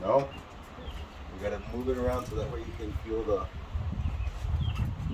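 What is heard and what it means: An ignition coil or connector is wiggled and moved around by hand at its engine bay fitting after a failed first push, so it can be felt into position while someone talks over low background noise. Nothing has seated or clicked yet.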